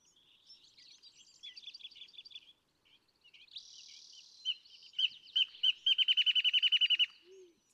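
Wrentit song at the end, spaced notes quickening into a fast trill, after a stretch of softer chirps.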